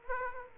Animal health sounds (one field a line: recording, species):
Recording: mosquito wingbeat signal from an infrared sensor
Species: Culex quinquefasciatus